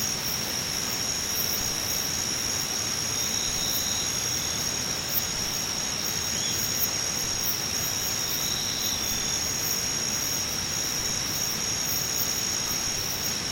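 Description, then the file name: Singing insects keep a high, even chorus of ringing trills and regular pulses, with occasional short chirps rising above it. "nakumushi"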